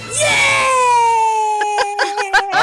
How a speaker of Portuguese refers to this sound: Esse grito eu vi chegando.